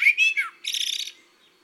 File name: le merle